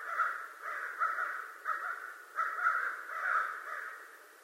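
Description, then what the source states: American crow caws, harsh and nasal, coming in quick pairs and short bursts over a few seconds. Recorded 25 November 2011.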